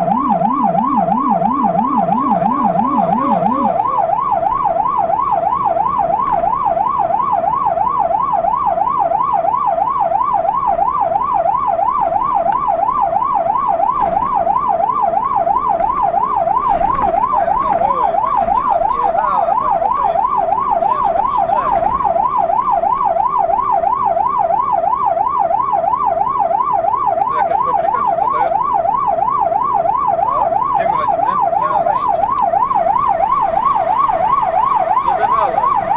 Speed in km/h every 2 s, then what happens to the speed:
66, 66, 67, 67, 68, 68, 64, 62, 58, 56, 56, 56, 58, 59, 60, 63, 62, 63.
0-10 steady at about 67. 10-18 slows to 56. 18-36 steady at about 59.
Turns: none.